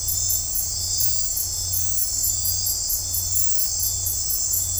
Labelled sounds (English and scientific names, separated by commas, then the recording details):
none
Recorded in dense forest near Puerto Asís, Putumayo, Colombia, on 15 December 2024 at 00:00
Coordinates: 0.503, -76.323
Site G043